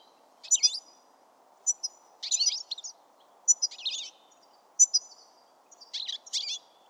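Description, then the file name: European goldfinch calls in rapid tinkling bursts, repeated roughly every second with short gaps, over a faint steady hum. "Carduelis carduelis"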